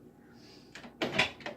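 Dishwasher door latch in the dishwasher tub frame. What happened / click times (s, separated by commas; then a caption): The door latch clicked open / 1.0 s. At the end of the cycle, the handle of a dishwasher door is pulled and the door latch in the dishwasher tub frame releases with a click at 1.0 s. The door swings open, followed by door and drawer sounds around 1.2 s and 1.4 to 1.5 s.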